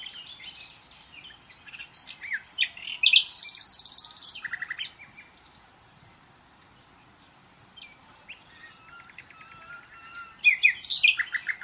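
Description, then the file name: Common nightingale singing stuttering chips that build into a harsh buzzy phrase, then a long pause before a fresh burst of fast trilled notes. "Luscinia megarhynchos"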